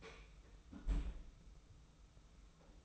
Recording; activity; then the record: daily activity, microphone in the room; close fridge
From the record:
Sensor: 1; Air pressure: 991.1 hPa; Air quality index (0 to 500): 111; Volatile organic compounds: 110 ppm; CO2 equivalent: 3820 ppm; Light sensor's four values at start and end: 22/52/22/24 and 22/52/22/24